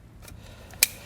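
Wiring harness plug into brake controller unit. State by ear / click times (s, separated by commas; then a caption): seated / 0.8 s. A plastic wiring harness plug is pushed into the back of a Redarc Tow-Pro Elite trailer brake controller unit during installation in a 2015 Toyota 4Runner. Faint handling ticks are followed by a sharp, bright click at 0.8 s as the plug locks into place and is seated.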